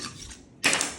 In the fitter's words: yeah you only hear the first click